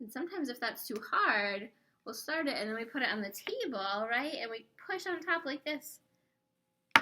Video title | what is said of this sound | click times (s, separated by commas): OT Session week of 11.09.20 -Using your hands with red, white and blue! | push until we hear it click pretty cool so that was our red marker | 7.0 s